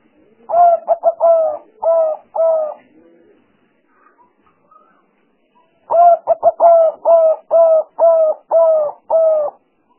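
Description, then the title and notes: Spotted dove cooing: a burst of quick, mellow coos ending in longer drawn notes, a pause of about three seconds, then a longer series of coos. Calls used as lure sounds for trapping the bird, described as the most effective lure. "Pikat Burung Tekukur Paling Ampuh. Kumpulan suara burung tekukur paling ampuh"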